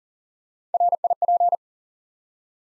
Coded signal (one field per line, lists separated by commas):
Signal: Morse code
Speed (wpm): 41 wpm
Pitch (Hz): 700 Hz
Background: none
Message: RIP